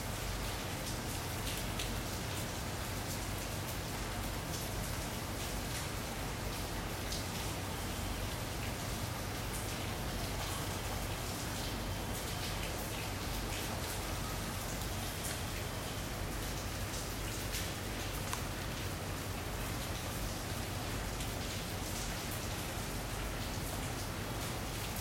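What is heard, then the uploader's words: Rain falls steadily and densely throughout, a constant wash of hiss with countless fine drop taps scattered across it. The level barely changes over the whole stretch, and a low, even rumble sits underneath, with no distinct events standing out. The sound of rain.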